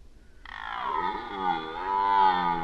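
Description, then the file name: Red deer roar: one loud, rough bellow that starts abruptly and swells, rich in harmonics. Recorded during the rut, 2011. "rykowisko 2011"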